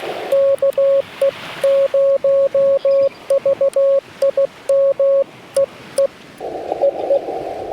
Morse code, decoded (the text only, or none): KE0VIM EE EE